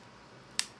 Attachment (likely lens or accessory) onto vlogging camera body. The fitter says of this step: nag-lock na. Oh my God, mga beshi. Ayan.